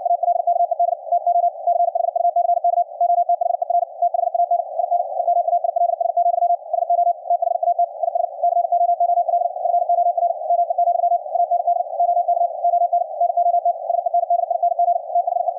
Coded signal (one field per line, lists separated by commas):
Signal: Morse code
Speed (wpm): 61 wpm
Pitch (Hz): 700 Hz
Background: radio noise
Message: ALKED TO CHUCK OTHER THAN IN EMAILS, SO THAT IS COOL FOR ME, AND OK ON NOT SENDING THE